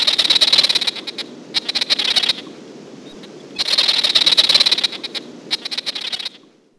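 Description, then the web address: Least grebe calling in bursts of high, rapid rattling trills, each lasting about a second, separated by short pauses. "Peterson North American Birds. legr"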